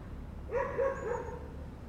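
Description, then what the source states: Dog barking: a few quick, harsh barks in a single brief burst over low background noise. More than one dog.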